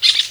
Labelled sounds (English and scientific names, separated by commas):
Brown-throated Parakeet (Eupsittula pertinax) contact call